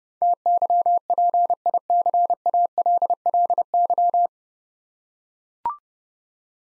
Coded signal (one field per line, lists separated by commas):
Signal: Morse code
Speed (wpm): 30 wpm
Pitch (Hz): 700 Hz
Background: none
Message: TYPICALLY